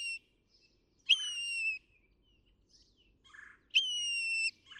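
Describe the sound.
Northern mockingbird song: two long clear whistled notes, slightly falling, spaced about two and a half seconds apart, with soft notes between.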